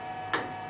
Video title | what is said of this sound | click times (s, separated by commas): Berthold Technologies Mithras LB940 Excitation filters | and push it in until it just clicks into place | 0.3 s